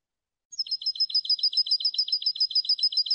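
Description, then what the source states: European goldfinch singing a fast run of repeated liquid twittering notes, steady and regular, starting after a brief silence, with nothing else audible. Clean goldfinch song on a CD for birds to copy.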